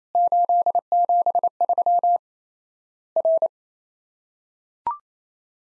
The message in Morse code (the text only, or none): 873 R